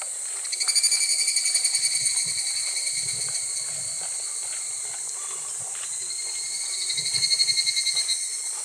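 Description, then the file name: Evening cicada song, pulsed ringing phrases that swell and fade near the start and again near the end, over a continuous high buzzing chorus. "higurashi"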